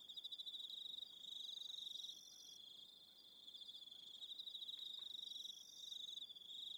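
Crickets singing: a steady high pulsed trill, with fainter higher chirping trills layered above, the chorus swelling and dipping slightly.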